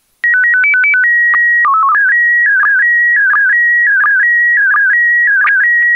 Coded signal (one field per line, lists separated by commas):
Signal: SSTV (slow-scan television)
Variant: PD 90